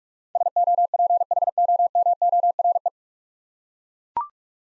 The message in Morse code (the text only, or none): SOPHOMORE